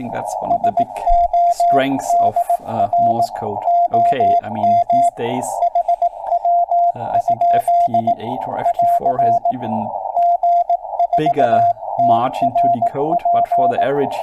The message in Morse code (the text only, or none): SOD R OM HW? <AR> G4TRP